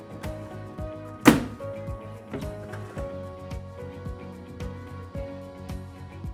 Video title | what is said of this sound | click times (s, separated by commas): Sistema de cajones AvanTech YOU; Tan individual como tú | hasta el final, hasta escuchar un clic. | 1.3 s